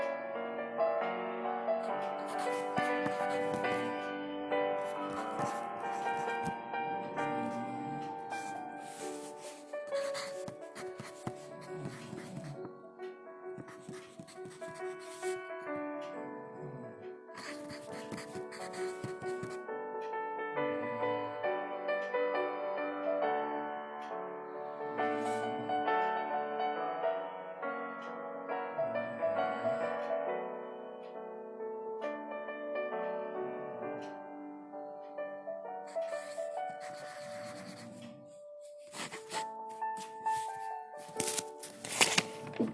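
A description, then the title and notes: A K-pop piano piece plays steadily through the whole clip, with chords and a mid-register melody of moderate density. Short scratchy rustles cut across it at intervals, around the first seconds, near 8 and 17 seconds, and more toward the end, like pencil strokes and pages turning. Kpop piano study session, pencil asmr, page turning. It was actually 4:30 or so in the morning when I recorded this.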